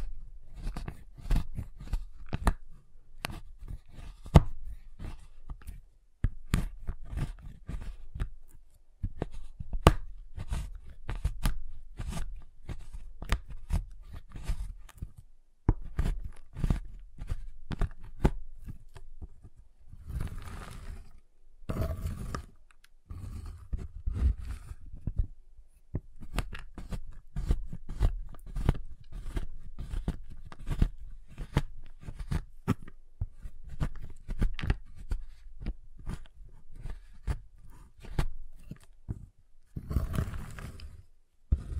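A giant chocolate bar is tapped, cut and snapped in dense, irregular bursts of sharp clicks and crunches with brief pauses throughout.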